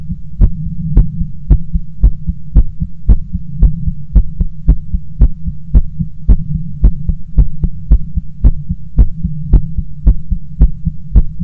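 Steady, deep thumping beats at roughly 110 a minute, evenly spaced, over a constant low hum. A heartbeat with a fast but regular rhythm; no murmur stands out between beats.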